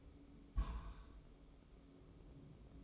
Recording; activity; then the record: daily activity, microphone in the room; place on stove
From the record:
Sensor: 1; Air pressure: 995.4 hPa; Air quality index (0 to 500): 28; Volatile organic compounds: 1 ppm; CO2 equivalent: 538 ppm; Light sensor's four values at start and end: 29/101/38/40 and 29/101/38/40